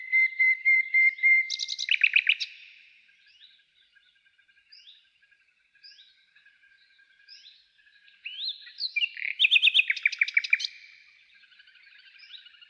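Nightingale song: a steady whistled note, then loud buzzy rattling trills, soft scattered notes, and a second burst of rapid repeated trills.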